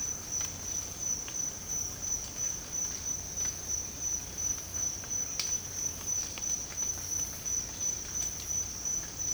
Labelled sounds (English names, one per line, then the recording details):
none
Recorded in secondary vegetation near Puerto Asís, Putumayo, Colombia, on 24 March 2025 at 07:00
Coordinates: 0.502, -76.326
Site G100